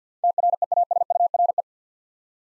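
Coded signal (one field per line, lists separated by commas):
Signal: Morse code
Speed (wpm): 48 wpm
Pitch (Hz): 700 Hz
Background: none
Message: TREASURE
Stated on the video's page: Morse word-copying practice at 50 wpm, eight-letter words, each word sent twice.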